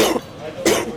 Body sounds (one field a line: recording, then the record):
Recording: coughing mixed with background sound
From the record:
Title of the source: 61 morning phlegmy cough...again